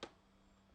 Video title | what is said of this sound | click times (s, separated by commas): Creality CR6-SE Review - Pass or Fail | It just slides and kind of locks into place. | 0.0 s